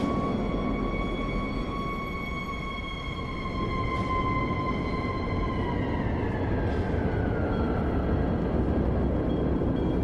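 Street traffic rumbles steadily underneath a long, sustained siren-like tone that holds its pitch, then slowly sags lower after about six seconds. The low traffic roar stays dense and even throughout, with a couple of brief clatters near four and seven seconds.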